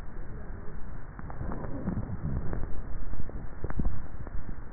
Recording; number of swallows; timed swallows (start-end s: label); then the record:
swallowing sounds by neck microphone; 1
3.35-4.45 s: swallow
From the record:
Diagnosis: dysphagia